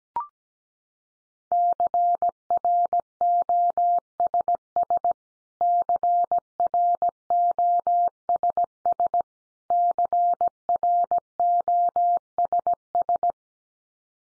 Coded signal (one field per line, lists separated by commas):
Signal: Morse code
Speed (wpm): 17 wpm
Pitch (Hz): 700 Hz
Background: none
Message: CROSS CROSS CROSS